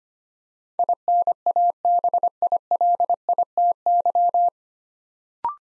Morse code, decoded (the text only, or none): INABILITY